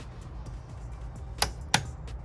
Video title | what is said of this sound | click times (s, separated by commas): Jaguar F Type Spark Plug Change DIY Install Guide, Maintenance to Prevent Misfires | and tighten it until it clicks time | 1.4 s, 1.7 s